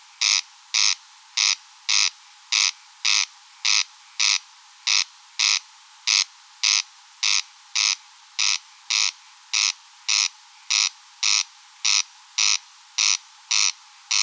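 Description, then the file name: Corn crake calling a rasping crex over and over, regular and mechanical, roughly twice per second, nothing else audible. In meadows. "Engsnarre Roenbjerg Enge"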